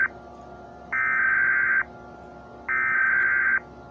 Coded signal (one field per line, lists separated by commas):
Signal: Emergency Alert System (SAME) tones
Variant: header bursts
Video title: Ef6 eas scenario YouTube movie night